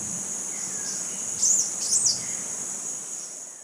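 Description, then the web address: Yellow-bellied dacnis calls: a pair of short, very high, slurred notes near the middle, partly masked by a continuous shrill insect hum. Calls recorded in the eastern lowlands of South America. "Natures Songs S America Eastern Lowlands Dacnis flaviventer, calls"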